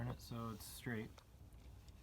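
A child handles a wire going into a wall outlet receptacle's terminal while someone talks, followed by quiet handling noise and a faint tick near 1.9 s. Nothing has seated or clicked yet.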